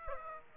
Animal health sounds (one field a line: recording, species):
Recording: mosquito wingbeat signal from an infrared sensor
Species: Aedes aegypti